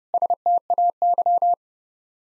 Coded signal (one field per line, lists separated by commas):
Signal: Morse code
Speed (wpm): 30 wpm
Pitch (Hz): 700 Hz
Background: none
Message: STAY